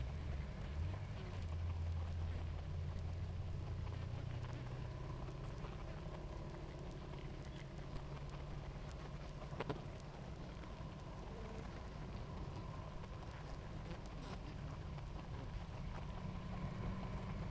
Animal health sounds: honeybee colony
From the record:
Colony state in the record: active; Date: 28 July 2017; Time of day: 18:10

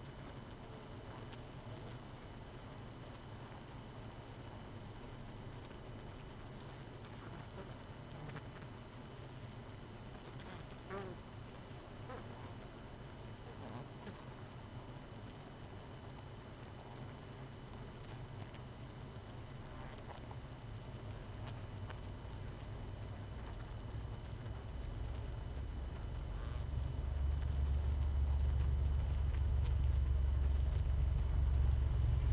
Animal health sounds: honeybee colony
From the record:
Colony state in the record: missing queen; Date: 31 May 2018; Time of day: 22:03

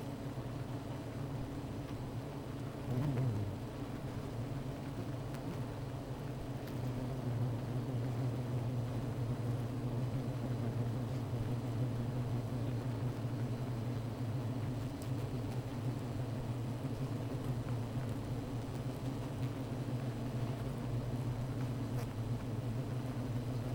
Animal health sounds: honeybee colony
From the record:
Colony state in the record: missing queen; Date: 14 July 2017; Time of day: 15:16

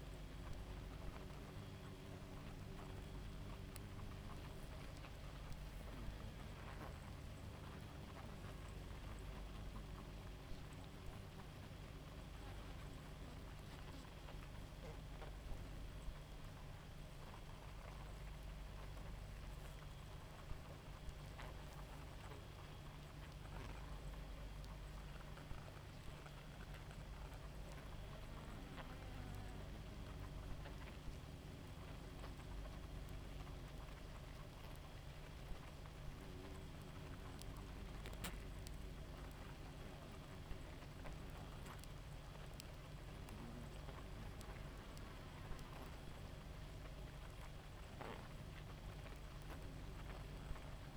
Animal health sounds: honeybee colony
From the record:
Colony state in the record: active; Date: 28 July 2017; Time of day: 0:02

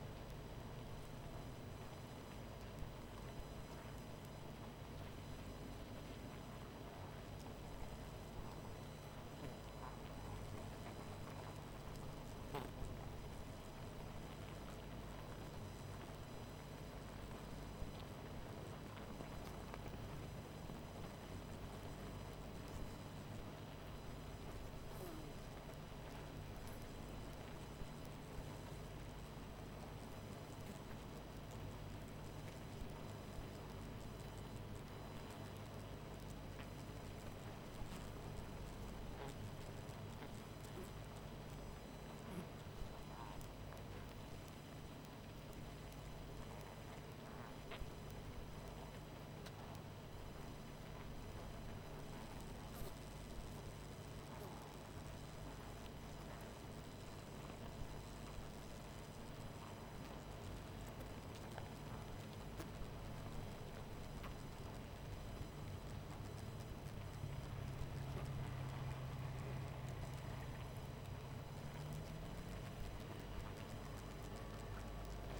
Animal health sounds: honeybee colony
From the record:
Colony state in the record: missing queen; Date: 14 July 2017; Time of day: 21:41

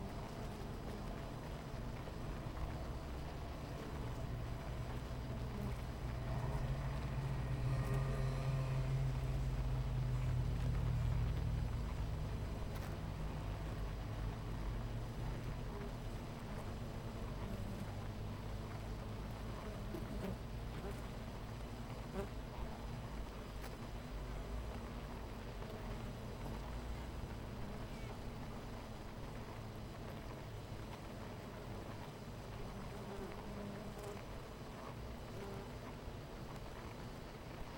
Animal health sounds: honeybee colony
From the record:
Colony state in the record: missing queen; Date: 14 July 2017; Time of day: 10:26

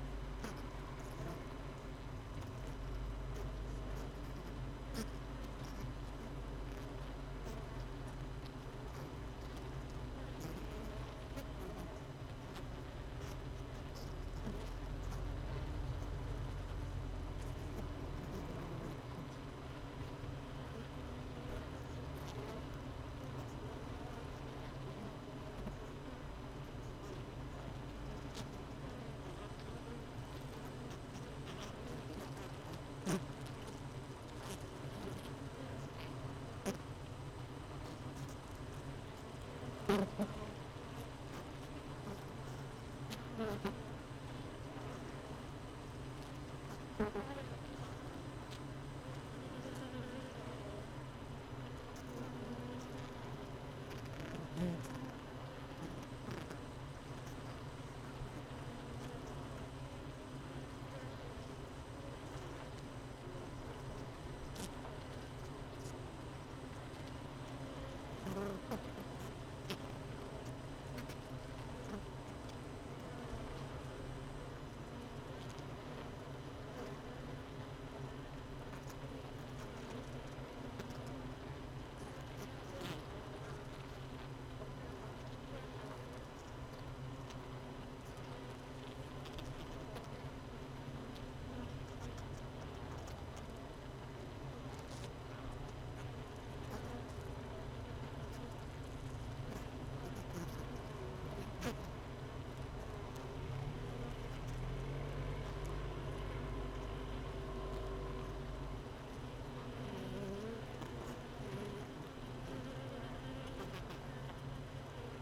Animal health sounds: honeybee colony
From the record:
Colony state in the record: missing queen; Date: 31 May 2018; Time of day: 17:00

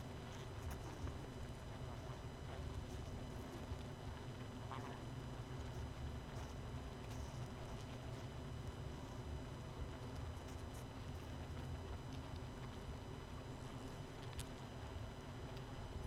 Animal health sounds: honeybee colony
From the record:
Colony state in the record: missing queen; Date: 31 May 2018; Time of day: 20:21

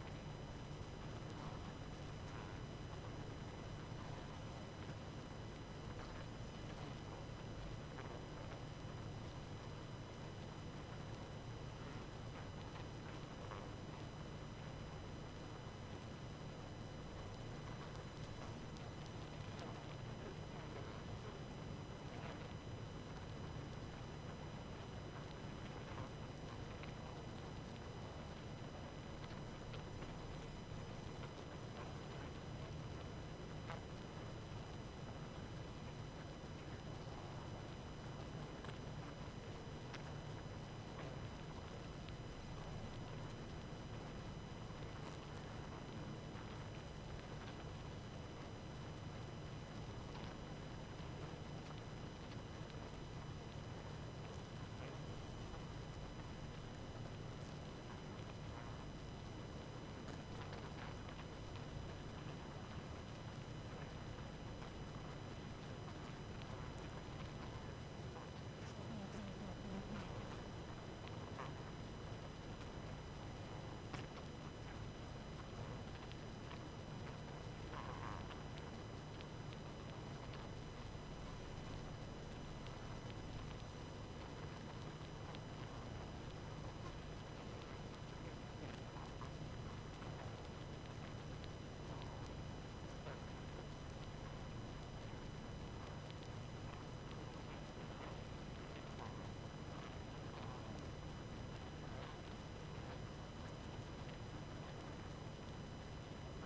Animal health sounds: honeybee colony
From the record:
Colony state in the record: active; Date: 12 June 2018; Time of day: 23:36

